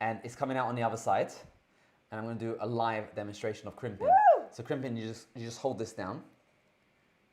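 Someone talks while getting ready to squeeze a hand crimping tool down on a Cat6 RJ45 plastic connector, with short quiet gaps around 1.6–2.1 seconds and after 6.4 seconds. Nothing has clicked or seated yet by the end of the clip.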